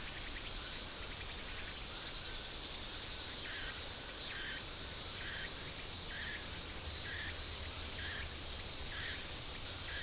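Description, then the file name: Insects calling in a dense shrill drone, with buzzy pulses recurring through it over low background noise. "mainly insect"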